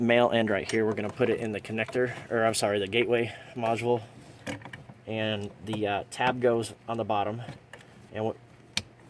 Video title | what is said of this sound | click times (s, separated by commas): 2015-2018 Ford Edge Plug and Play Remote Start Kit | push it in until you get a click. It's a tight fit, | 8.8 s